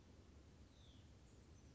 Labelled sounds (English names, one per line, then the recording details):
Hutton's Vireo
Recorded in Sonoma County, California